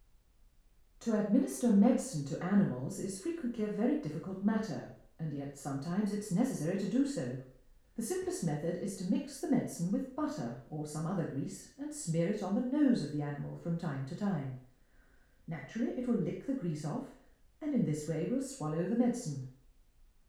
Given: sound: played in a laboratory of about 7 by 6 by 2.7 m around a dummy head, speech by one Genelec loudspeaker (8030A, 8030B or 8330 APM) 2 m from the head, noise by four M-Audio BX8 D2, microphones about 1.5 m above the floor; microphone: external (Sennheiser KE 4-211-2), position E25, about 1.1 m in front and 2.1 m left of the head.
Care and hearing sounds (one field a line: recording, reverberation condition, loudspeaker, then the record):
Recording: female speech in English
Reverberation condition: medium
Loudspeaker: 30 degrees to the left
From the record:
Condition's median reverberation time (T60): about 510 ms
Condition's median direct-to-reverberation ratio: about -0.5 dB